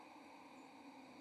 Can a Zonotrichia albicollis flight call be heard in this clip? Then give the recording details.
yes. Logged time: 04:35 on 1 November 2014